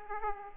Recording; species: mosquito wingbeat signal from an infrared sensor; Aedes aegypti